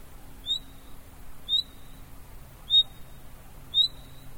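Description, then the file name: Common nightingale calling: four clear, thin whistled notes with a sharp rising start, each held briefly, repeated about once a second over a quiet background. "Luscinia megarhynchos"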